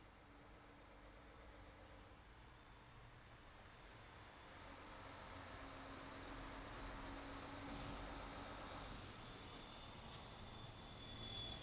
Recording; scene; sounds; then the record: everyday scene through a hearing-aid microphone; in traffic; traffic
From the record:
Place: city secondary road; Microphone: in the ear canal, right